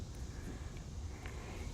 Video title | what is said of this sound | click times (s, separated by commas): Setting Up a Garden Irrigation System | Push it in until it clicks. | 1.3 s